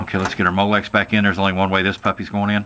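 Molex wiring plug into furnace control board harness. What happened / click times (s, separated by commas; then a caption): The connector is being handled but has not clicked home yet / none. A Molex wiring harness plug is handled as it is brought back to its mating connector on a furnace control board while someone talks. Nothing has seated or clicked yet.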